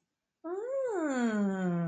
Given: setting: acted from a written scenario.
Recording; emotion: vocal sound without words; interest